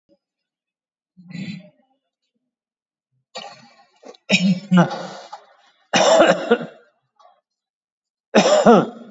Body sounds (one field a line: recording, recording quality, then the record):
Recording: shallow voluntary cough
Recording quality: moderate, slight background noise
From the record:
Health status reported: exposed to COVID-19, no respiratory illness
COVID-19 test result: negative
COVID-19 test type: RT-PCR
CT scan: taken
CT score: 7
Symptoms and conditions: cough, sore throat, fatigue, loss of smell and taste, diabetes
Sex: male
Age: 81 years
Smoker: no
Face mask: worn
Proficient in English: yes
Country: India